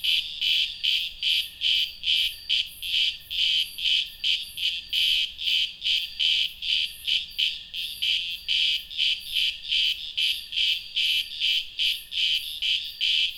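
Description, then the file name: Cicadas giving a shrill, pulsing buzz, about two and a half bursts each second in a steady throbbing rhythm, with no other clear sounds. "cigarras"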